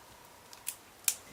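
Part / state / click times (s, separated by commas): display cable connector into laptop LCD panel / seated / 1.1 s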